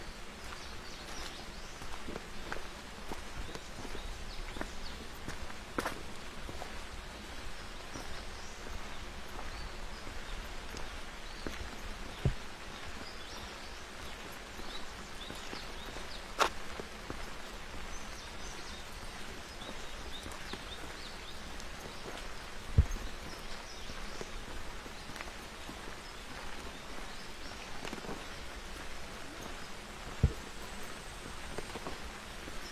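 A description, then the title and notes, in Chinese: A walk along a forest trail in the rain, with a steady patter of drops and occasional sharp clicks and taps every few seconds. 在雨中沿着森林步道漫步。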